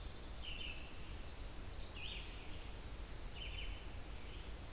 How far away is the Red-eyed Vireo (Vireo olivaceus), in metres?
about 90 m